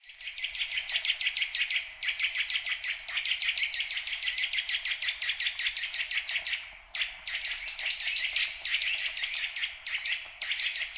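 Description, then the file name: Eurasian nuthatch delivering quick, rattling series of high piping notes, with a short pause about two-thirds of the way through before the rapid series resumes. "Sitta europaea"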